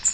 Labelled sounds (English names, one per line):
Blackpoll Warbler flight call